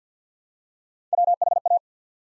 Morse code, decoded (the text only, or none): WHA